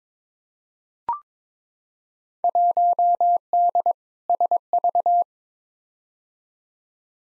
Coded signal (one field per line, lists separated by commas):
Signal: Morse code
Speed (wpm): 22 wpm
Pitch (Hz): 700 Hz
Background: none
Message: 1D SV